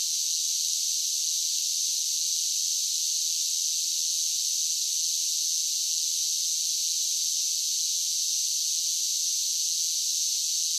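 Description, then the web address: Steady cicada chorus, a shrill sizzling drone from many insects, unchanging in pitch and loudness across the whole stretch. A large group of cicadas singing in a steady drone. "Blast Wave 5 1 5 1 SSFX Cicadas Sing. animal cicadas large group steady drone insects bugs"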